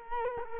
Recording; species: mosquito wingbeat signal from an infrared sensor; Culex quinquefasciatus